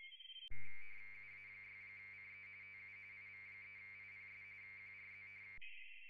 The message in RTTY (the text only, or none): UA6CE TU IV3IPS QRZ